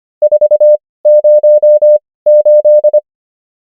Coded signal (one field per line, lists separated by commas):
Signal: Morse code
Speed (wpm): 25 wpm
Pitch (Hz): 600 Hz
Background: none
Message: 408